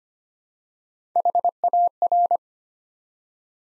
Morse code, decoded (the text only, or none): HAR